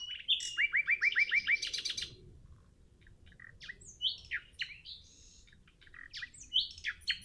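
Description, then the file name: Common nightingale song: a fast run of several sharp repeated notes, then a pause and scattered varied chirps and whistled fragments, with faint low background rumble. "Luscinia megarhynchos"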